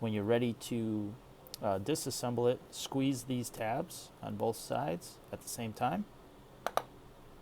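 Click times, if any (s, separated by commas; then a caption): 6.7 s, 6.8 s. Someone talks, then squeezes the tabs on both sides of a plastic protective cover on a sensor mount at the same time. Two sharp clicks at 6.7 s and 6.8 s are the cover's side catches releasing.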